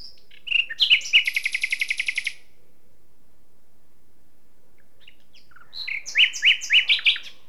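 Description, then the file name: Common nightingale song: a few varied notes and a fast, even rattle of many repeated notes, a pause, then a burst of varied chirps. "Luscinia megarhynchos"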